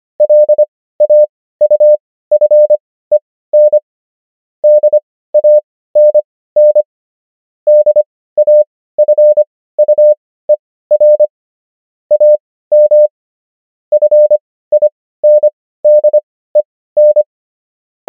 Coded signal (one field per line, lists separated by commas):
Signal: Morse code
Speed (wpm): 25 wpm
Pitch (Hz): 600 Hz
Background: none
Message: LAUFEN DANN DAFUER AM FINDEN